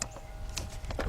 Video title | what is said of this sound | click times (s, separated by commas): Cadillac Deville Eldorado SRX STS XLR Oldsmobile Aurora Pontic Bonneville Starter Replacement | take your connector just push down to your hear a click | 0.0 s